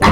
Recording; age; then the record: pig call; piglet (1 to 25 days)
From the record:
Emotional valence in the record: positive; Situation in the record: reunion after long isolation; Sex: female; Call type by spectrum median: low-frequency call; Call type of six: low-frequency tonal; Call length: 0.11 s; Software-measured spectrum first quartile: 224 Hz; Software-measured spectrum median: 765 Hz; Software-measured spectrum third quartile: 1409 Hz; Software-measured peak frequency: 88 Hz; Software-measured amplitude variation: 57 dB a second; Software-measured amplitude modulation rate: 13.3 a second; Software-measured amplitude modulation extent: 4.3 dB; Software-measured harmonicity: 0.4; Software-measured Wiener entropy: -1.26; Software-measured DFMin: 812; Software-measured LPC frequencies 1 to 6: 1063, 1937, 3310, 4091, 4944, 5706 Hz